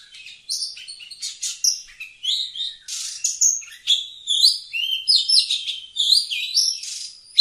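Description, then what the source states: Oriental magpie-robin song: quick series of bright whistles, rising slurs and buzzy notes, steady and varied without long breaks. Singing actively (gacor).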